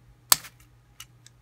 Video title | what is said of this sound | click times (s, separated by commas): TFA Reviews Cyberverse Battle Call Trooper Class Wildwheel | try to um yeah there you go lock it in so you hear it click like this that | 0.3 s